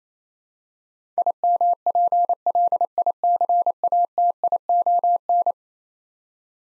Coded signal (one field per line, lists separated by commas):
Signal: Morse code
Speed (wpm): 27 wpm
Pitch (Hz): 700 Hz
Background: none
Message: IMPLICATION